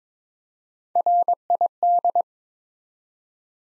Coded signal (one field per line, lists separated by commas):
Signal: Morse code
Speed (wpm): 22 wpm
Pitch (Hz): 700 Hz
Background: none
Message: RID